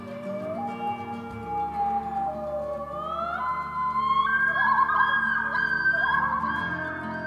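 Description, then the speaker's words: Common loon wailing: long, mournful tonal notes that step and slide upward, held and wavering, over a steady low hum. Song of a black and white water bird, known for its eerie cry. "It's the song of the common loon, a black and white water bird."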